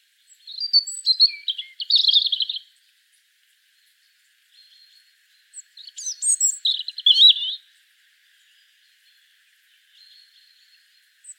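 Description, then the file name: European robin sings two tumbling phrases of high, sharp notes separated by a pause, with faint thin notes in the quiet between. "Erithacus rubecula"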